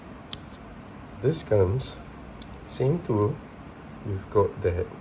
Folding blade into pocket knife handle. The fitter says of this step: doesn't snap too well so maybe we can service this up